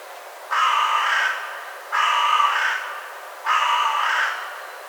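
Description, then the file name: Carrion crow giving three harsh, hoarse caws, each under a second long and spaced about one and a half seconds apart, steady and evenly repeated. "Corvus corone"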